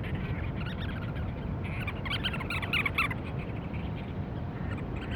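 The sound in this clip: Cape Verde storm petrel giving bursts of rapid, pulsed chattering notes around the middle over a steady low rumbling background.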